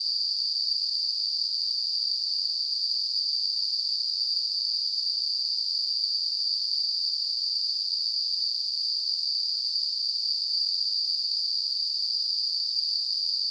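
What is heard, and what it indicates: Simulated tinnitus: a steady, continuous high-pitched hissing band of noise centred near 4–5 kHz, with a fainter band around 9 kHz and nothing below about 2 kHz. The loudness stays constant throughout.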